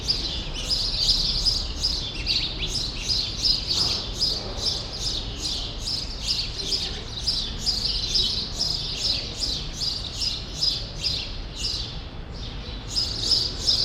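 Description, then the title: Sparrows calling continuously, dense rapid chirps repeated more than twice a second in an unbroken flock chatter over a faint low hum. Sparrows in a small remaining part of a once large grove, Rue Saint-Jean Népomucène, Brussels, Belgium; recorded with an AB stereo microphone pair into a field recorder. "Rue Saint-Jean Népomucène 13, 1000 Bruxelles, Belgique - Sparrows - Moineaux"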